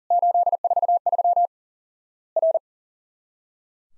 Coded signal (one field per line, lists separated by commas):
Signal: Morse code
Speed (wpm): 40 wpm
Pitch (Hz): 700 Hz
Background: none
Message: 843 R